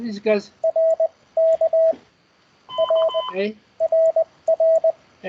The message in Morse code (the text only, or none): ERK R RR